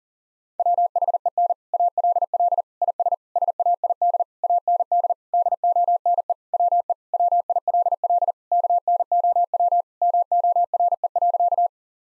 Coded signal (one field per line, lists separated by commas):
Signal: Morse code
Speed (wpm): 37 wpm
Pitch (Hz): 700 Hz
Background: none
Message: WHEN ALL IS SAID AND DONE WE WILL KNOW MORE.